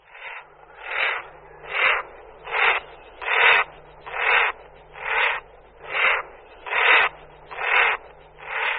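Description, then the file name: Common merganser harsh rasping calls, a broad burst repeated steadily a little faster than once a second, about ten in a row. "Morčák velký"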